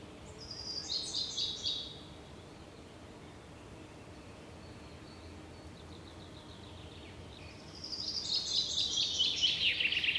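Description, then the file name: Common chaffinch song: a short trill early on, a long quieter stretch, then a louder trill dropping in pitch. "Fringilla coelebs"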